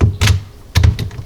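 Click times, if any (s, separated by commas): 0.8 s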